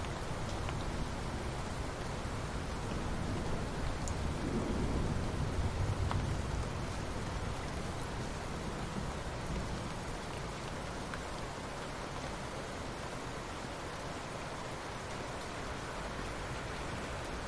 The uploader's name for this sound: Rain and the Sound of Thunder at Night